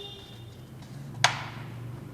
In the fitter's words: Click की sound आने पर छोड़ देंगे।